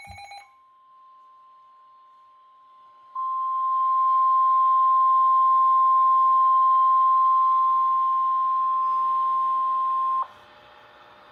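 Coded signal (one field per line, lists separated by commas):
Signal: Emergency Alert System (SAME) tones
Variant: 1050 Hz attention tone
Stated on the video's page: Short mock EAS tornado warning.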